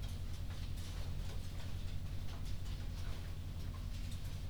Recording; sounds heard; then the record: poultry house recording; no chicken sound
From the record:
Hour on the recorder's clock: 3